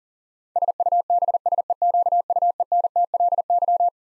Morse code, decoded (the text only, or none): SUBSEQUENTLY